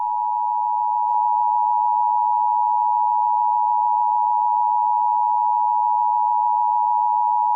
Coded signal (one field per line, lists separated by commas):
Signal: Emergency Alert System (SAME) tones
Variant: 853 and 960 Hz attention tone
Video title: EAS Scenario #3: The Intruder